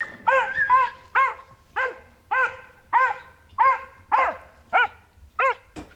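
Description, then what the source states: Scottish Terrier barking: about ten sharp barks in a row. Pet Wheaten Scottish Terrier, male, barking this week at a dog on the other side of the road.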